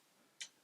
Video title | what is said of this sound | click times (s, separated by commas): 365 Camera Project - Camera Number 248 Ensign Carbine No3 | and then clicks back into place | 0.4 s